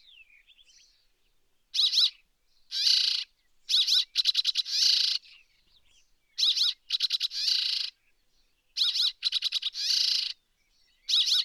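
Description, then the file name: Rock sparrow giving harsh, nasal buzzy calls in pulsed bursts, grouped in irregular runs with brief silent gaps between them. Subspecies brevirostris; recorded at Erdenesant, Mongolia, on 23 May 2013. "crsparr-brevirostris-1-S mng erdenesant"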